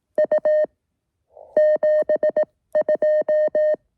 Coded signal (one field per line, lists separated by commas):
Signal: Morse code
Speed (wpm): 18 wpm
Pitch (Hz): 620 Hz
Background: none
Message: U 72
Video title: KD2YDN activates W2/GC-115 Red Hill QRP SOTA